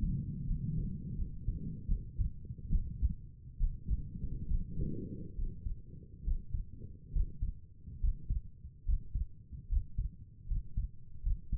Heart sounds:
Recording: heart sounds by stethoscope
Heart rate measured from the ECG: 72 bpm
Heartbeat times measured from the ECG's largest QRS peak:
0.46 s: heartbeat
1.17 s: heartbeat
1.87 s: heartbeat
2.70 s: heartbeat
3.59 s: heartbeat
4.48 s: heartbeat
5.36 s: heartbeat
6.24 s: heartbeat
7.13 s: heartbeat
8.00 s: heartbeat
8.85 s: heartbeat
9.69 s: heartbeat
10.47 s: heartbeat
11.23 s: heartbeat
From the record:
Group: healthy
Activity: breath hold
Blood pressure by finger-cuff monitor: 89/60 mmHg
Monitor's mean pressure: 68 mmHg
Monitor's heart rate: 68 bpm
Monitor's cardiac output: 5.4 L/min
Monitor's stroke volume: 77 mL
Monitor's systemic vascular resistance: 870 dyn s/cm5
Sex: female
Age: 22 years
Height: 163 cm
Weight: 67.1 kg

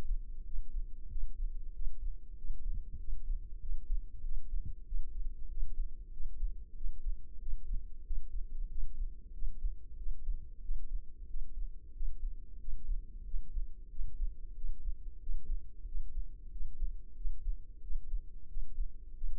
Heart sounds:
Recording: heart sounds by microphone in the left ear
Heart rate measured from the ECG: 93 bpm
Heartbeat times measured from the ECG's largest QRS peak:
0.47 s: heartbeat
1.11 s: heartbeat
1.75 s: heartbeat
2.38 s: heartbeat
3.01 s: heartbeat
3.63 s: heartbeat
4.25 s: heartbeat
4.88 s: heartbeat
5.51 s: heartbeat
6.14 s: heartbeat
6.77 s: heartbeat
7.42 s: heartbeat
8.06 s: heartbeat
8.71 s: heartbeat
9.35 s: heartbeat
9.99 s: heartbeat
10.64 s: heartbeat
11.30 s: heartbeat
11.96 s: heartbeat
12.61 s: heartbeat
13.27 s: heartbeat
13.92 s: heartbeat
14.57 s: heartbeat
15.22 s: heartbeat
15.88 s: heartbeat
16.53 s: heartbeat
17.18 s: heartbeat
17.84 s: heartbeat
18.50 s: heartbeat
19.17 s: heartbeat
From the record:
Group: healthy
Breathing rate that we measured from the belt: 18 breaths a minute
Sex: male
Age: 21 years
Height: 175 cm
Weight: 72.6 kg

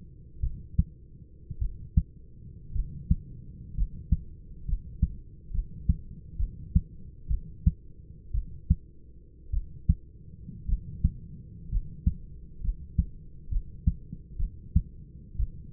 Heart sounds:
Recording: heart sounds by stethoscope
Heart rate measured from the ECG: 60 bpm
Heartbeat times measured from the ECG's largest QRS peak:
0.41 s: heartbeat
1.59 s: heartbeat
2.73 s: heartbeat
3.75 s: heartbeat
4.66 s: heartbeat
5.52 s: heartbeat
6.37 s: heartbeat
7.28 s: heartbeat
8.32 s: heartbeat
9.51 s: heartbeat
10.66 s: heartbeat
11.70 s: heartbeat
12.62 s: heartbeat
13.49 s: heartbeat
14.37 s: heartbeat
15.37 s: heartbeat
From the record:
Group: healthy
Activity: cold pressor test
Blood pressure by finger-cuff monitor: 101/38 mmHg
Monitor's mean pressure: 59 mmHg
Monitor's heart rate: 58 bpm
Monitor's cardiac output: 7.6 L/min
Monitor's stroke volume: 124 mL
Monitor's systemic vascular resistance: 560 dyn s/cm5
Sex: male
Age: 25 years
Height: 170 cm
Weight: 70.4 kg

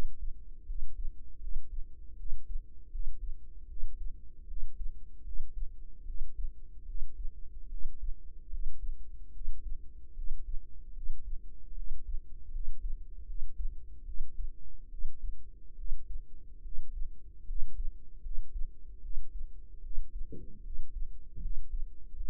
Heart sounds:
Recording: heart sounds by microphone in the right ear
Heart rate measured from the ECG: 75 bpm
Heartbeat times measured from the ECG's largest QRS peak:
0.64 s: heartbeat
1.38 s: heartbeat
2.15 s: heartbeat
2.89 s: heartbeat
3.66 s: heartbeat
4.45 s: heartbeat
5.22 s: heartbeat
6.04 s: heartbeat
6.84 s: heartbeat
7.68 s: heartbeat
8.48 s: heartbeat
9.31 s: heartbeat
10.13 s: heartbeat
10.92 s: heartbeat
11.73 s: heartbeat
12.49 s: heartbeat
13.24 s: heartbeat
14.03 s: heartbeat
14.88 s: heartbeat
15.74 s: heartbeat
16.60 s: heartbeat
17.44 s: heartbeat
18.20 s: heartbeat
19.00 s: heartbeat
19.80 s: heartbeat
20.61 s: heartbeat
21.39 s: heartbeat
22.14 s: heartbeat
From the record:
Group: healthy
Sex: female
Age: 19 years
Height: 163 cm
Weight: 48.9 kg

